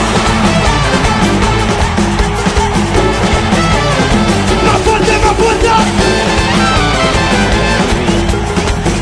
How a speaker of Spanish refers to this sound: Vamos a demostrar quién manda acá en el Movistar Arena, ¿ok? DJ. 1, 2. Mi gente gritando, saltando, saltando.